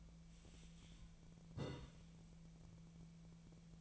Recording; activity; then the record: daily activity, microphone in the room; take from stove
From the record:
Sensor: 1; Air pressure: 1009.9 hPa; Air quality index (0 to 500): 188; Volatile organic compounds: 17 ppm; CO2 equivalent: 2577 ppm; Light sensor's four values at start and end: 37/95/40/48 and 38/95/40/49